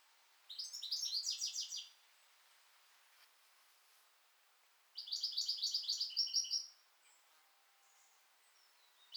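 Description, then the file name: European goldfinch producing two rapid, jingling twitter phrases a few seconds apart, with a short faint note near the end. "Carduelis carduelis"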